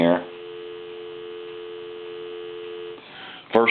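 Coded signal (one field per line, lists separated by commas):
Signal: telephone call progress tone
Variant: North America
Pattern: dial tone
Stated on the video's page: Call progress tone heard during final checkout of repaired Western Electric rotary telephones, two 554 wall sets and a 500 desk set.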